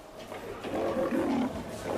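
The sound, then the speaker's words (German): A lion roars in a deep, rumbling growl that swells to a sustained peak, then trails off into a rough, throaty exhale, with no voices over it. “Jetzt aber zu den Löwen oder den Elefanten.”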